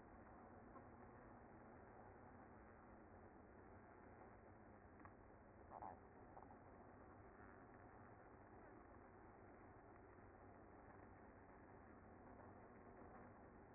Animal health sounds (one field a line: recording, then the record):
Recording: honeybee colony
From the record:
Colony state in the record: active